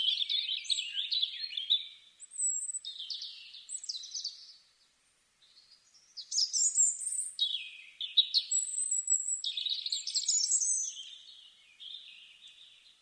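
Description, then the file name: European robin singing in separate warbling phrases of high, tinkling notes and brief shrill whistles, with a short silent gap midway before a brighter, busier phrase. "Erithacus rubecula"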